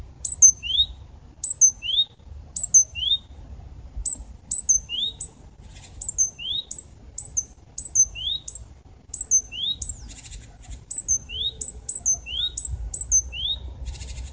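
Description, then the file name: Great tit calling steadily, a high sharp note joined to a rising whistled slur, repeated many times throughout, with faint low background hum. "Parus major"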